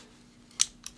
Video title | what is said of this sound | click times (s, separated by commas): Benchmade Gold Class 7505-131 & 132 Dual Action Knives Review | close it back up and you hear it click in place | 0.9 s